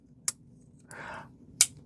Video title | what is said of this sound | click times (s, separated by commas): 13 Knives That Passed Or Failed My 10 Point Inspection | I love that that snap. | 0.3 s, 1.6 s